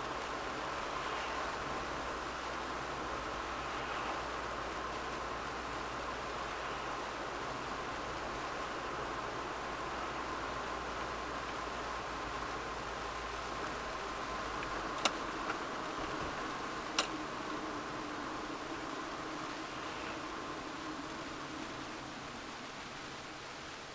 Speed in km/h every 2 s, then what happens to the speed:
48, 47, 46, 46, 47, 46, 44, 41, 38, 32, 25, 14.
0-9 steady at about 47. 9-24 slows to 14.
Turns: none.